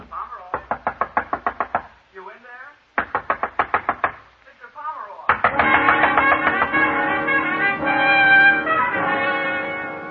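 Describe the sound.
A bellboy pounds heavily and rapidly on a door in two bursts of about eight blows each, with a brief voice between them. A loud, sustained swell of sound then takes over.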